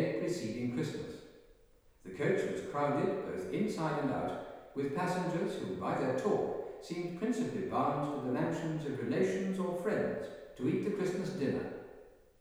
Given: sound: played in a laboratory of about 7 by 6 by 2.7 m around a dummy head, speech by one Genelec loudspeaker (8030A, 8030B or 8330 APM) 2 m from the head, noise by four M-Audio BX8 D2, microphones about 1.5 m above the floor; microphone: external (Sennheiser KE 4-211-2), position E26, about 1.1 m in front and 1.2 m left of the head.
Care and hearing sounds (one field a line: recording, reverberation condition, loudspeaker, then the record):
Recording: male speech in English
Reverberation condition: high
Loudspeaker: 150 degrees to the left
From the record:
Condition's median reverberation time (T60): about 1300 ms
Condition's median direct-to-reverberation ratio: about -4.0 dB